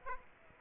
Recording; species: mosquito wingbeat signal from an infrared sensor; Aedes aegypti